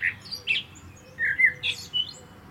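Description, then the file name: Common blackbird uttering short squeaky notes and a mellow whistled slur, with sharp high chips in between. "Turdus merula"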